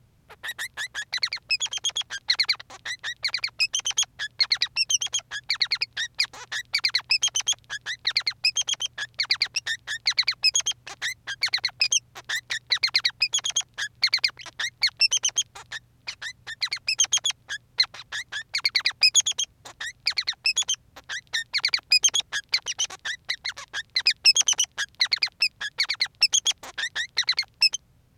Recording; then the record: song of a male Bengalese finch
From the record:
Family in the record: son of father 3